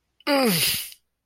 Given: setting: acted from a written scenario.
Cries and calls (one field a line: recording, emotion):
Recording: vocal sound without words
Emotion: pain